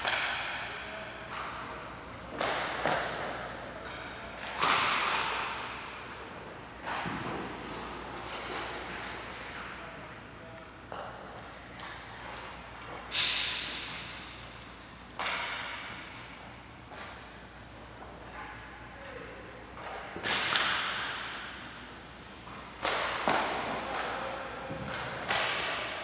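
Ambient noise from hockey practice, with sharp cracks and thuds of pucks and sticks striking every second or two in a large, echoing rink. Each hit rings out and fades into a steady low hum, with faint voices now and then.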